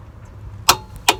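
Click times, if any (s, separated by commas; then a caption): 0.7 s, 1.1 s. A click-type torque wrench tightens a rear shock absorber mounting bolt on a Cobalt SS, stopping at its setting so the bracket brace isn't snapped off by overtightening. Two sharp clicks sound at 0.7 s and 1.1 s over a quiet background. The wrench reaches its set torque.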